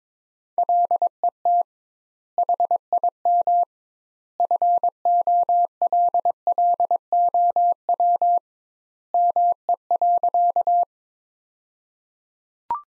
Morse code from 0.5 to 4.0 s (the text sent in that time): LET HIM